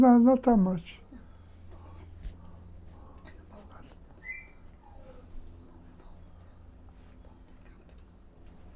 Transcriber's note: pause, whispering